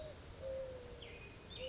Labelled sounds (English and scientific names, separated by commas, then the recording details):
Mourning Dove (Zenaida macroura)
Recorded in Sonoma County, California